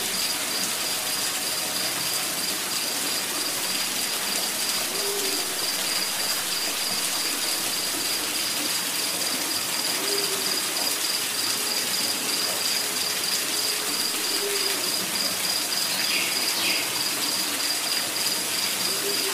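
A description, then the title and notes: A jungle waterfall pours steadily, a dense unbroken rush that fills every pitch from low to bright without easing. Above it, a thin high insect whine holds throughout, and a few soft, low hooting calls surface near five, ten and fifteen seconds. The Soothing Nature Sounds of a Jungle Waterfall. Costa Rica.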